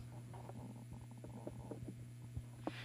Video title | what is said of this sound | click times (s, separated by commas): 190331 심장 제세동기 사용법 | 하나밖에 없으니까 잘 연결을 이렇게 딸깍 소리가 나게끔 해주시면 됩니다 | 2.7 s